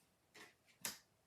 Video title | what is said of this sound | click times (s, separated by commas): Double Flap Fun Fold Card | Hear that snap? | 0.8 s